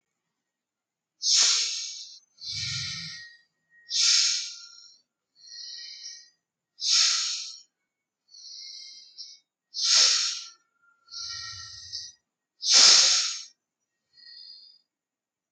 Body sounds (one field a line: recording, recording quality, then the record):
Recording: deep breathing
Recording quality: excellent, no background noise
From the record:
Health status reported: healthy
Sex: male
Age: 20 years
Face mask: not worn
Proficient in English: yes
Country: India